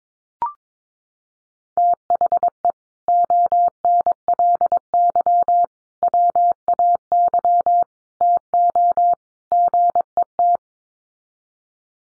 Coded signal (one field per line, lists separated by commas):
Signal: Morse code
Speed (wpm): 22 wpm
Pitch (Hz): 700 Hz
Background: none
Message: THE ONLY WAY TO GET